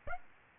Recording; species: mosquito wingbeat signal from an infrared sensor; Aedes aegypti